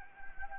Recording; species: mosquito wingbeat signal from an infrared sensor; Anopheles gambiae